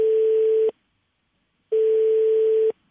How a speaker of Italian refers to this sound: ho finto di essere un'altra persona e ho fatto una telefonata che ora possiamo ascoltare.